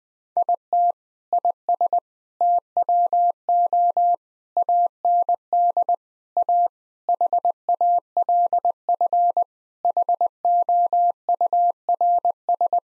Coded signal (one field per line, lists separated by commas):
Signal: Morse code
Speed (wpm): 20 wpm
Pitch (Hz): 700 Hz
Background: none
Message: IT IS TWO AND A HALF HOURS